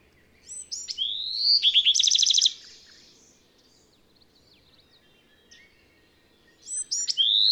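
Bird singing a high, bright phrase of quick rising whistles and a loud rapid trill, fading into soft twitters; after a pause the phrase begins again.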